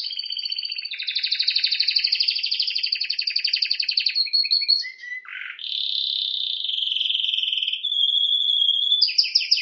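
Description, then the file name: Canary song: extended fast rolling trill, brief lower notes and a short buzzy burst, then a smooth sustained whistle and quick high repeated notes. "Canary Voice"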